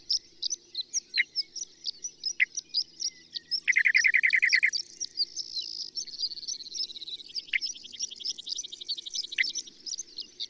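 Bird song: rhythmic high chirps and downward chips, with a bright rapid trill in the first half, followed by continuous twittering.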